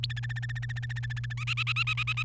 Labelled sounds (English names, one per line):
Domestic Canary song